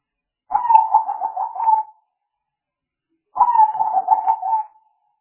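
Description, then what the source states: Spotted dove call, two rolling coo phrases of rapid, soft pulsed notes lasting over a second each, separated by a pause of about a second and a half. Used as a lure for trapping spotted doves.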